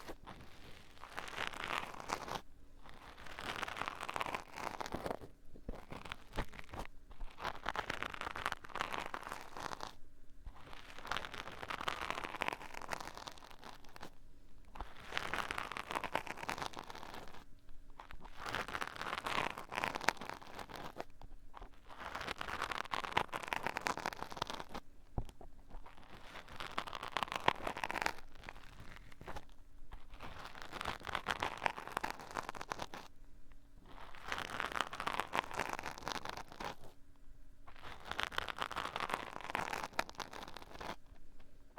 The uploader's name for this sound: Deep & Intense Ear Triggers Q-tips, felt ghosts, brushes & plastic coasters